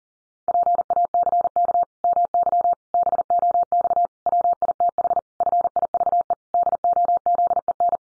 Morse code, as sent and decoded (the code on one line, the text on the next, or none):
.--. .- -.-. -.- / -- -.-- / -... --- -..- / .-- .. - .... / ..-. .. ...- . / -.. --- --.. . -.
PACK MY BOX WITH FIVE DOZEN